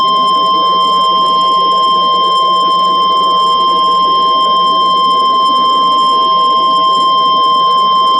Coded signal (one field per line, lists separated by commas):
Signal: Emergency Alert System (SAME) tones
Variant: 1050 Hz attention tone